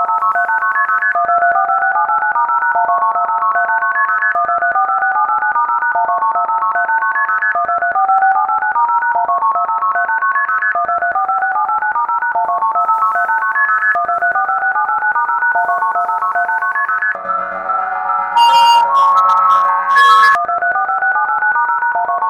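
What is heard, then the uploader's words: Telephone keypad tones pass through a flange effect, a dense, unbroken stream of quick alternating beeps hopping between a few middle pitches at a fast, steady rate. Near seventeen seconds the sound thickens and turns harsh, with bright hissy bursts around eighteen to twenty seconds. DTMF Flange. Made with Cool Edit Pro 2.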